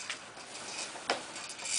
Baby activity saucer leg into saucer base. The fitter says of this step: in that form and you'll hear a click